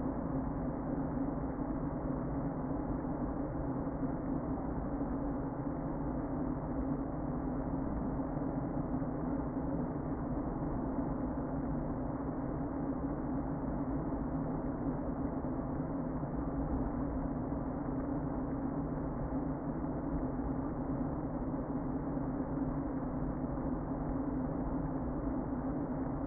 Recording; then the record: honeybee colony, microphone inside the hive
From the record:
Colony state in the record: queen present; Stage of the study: before two queens were removed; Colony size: about 60,000 bees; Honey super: yes